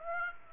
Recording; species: mosquito wingbeat signal from an infrared sensor; Aedes aegypti